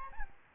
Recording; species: mosquito wingbeat signal from an infrared sensor; Aedes albopictus